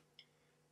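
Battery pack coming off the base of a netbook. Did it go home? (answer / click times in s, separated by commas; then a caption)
released / 0.2 s. Nothing else in the 0.7 s clip stands out besides a steady low hum. At 0.2 s, a single short, sharp tick with bright high-frequency content is heard as the battery pack of a Dell Inspiron Mini 10 netbook is unlatched and snaps off the base at a couple of small catches. The battery, which took some work to remove, comes free.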